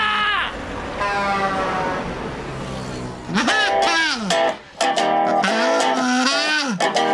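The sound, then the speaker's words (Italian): A loud, buzzy kazoo plays a steady droning note, then breaks into a run of swooping notes that slide up and down in pitch with short gaps between them. “Quello che sta suonando il kazoo è la sua anima risorta.”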